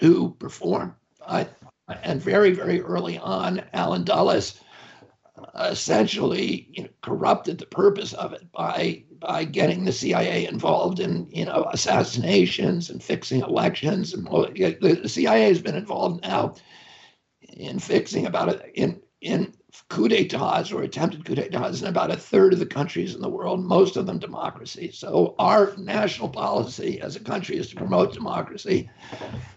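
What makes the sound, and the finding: Adult male speaker. Spasmodic dysphonia.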